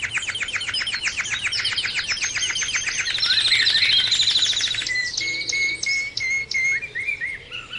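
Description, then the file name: Canary song opening with a fast rhythmic trill of repeated notes, then a harsh buzzy stretch, ending in steady whistled tones with short breaks. Canary song recording used for training other birds, called terapi. "kenari terapi omkicau"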